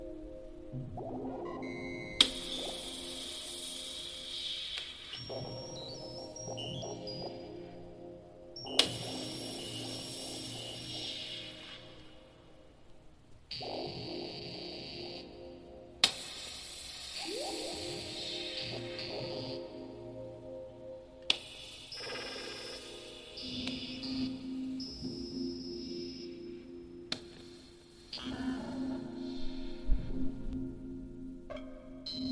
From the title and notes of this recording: The Ambient Spaceship Soundscape. Connecting these are various sections of passageways, walking on soft and hard textured surfaces, and various computer-controlled monitors and timers heard along the way.